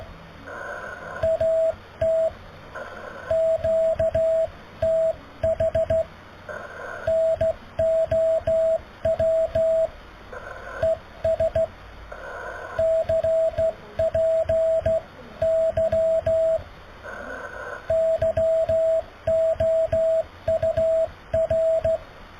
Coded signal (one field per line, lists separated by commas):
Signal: Morse code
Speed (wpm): 15 wpm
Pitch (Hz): 650 Hz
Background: radio noise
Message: AT QTH NOW ES CPY YOUR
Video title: Morse Code QSO with Jan ZS5HJ